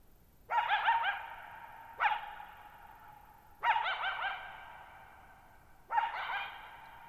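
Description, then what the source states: Coyote giving sharp barks that break into wavering howls near one pitch, four bursts in seven seconds, each trailing off in a long echo over a very quiet background. Lone coyote, wild, calling at night on July 14, 2019, Thirtymile Meadows, Okanogan National Forest, Okanogan High Country at 1950 m; dry plateau, bowl-shaped meadow, boggy ground, long natural reverberation.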